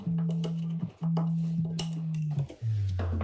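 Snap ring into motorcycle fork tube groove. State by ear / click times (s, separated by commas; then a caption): seated / 1.8 s. A metal snap ring is pressed into the groove above the seal in a Honda Shadow motorcycle front fork tube. Over a steady low hum, a few faint taps lead to a sharp, loud snap at 1.8 s as the ring seats in the groove.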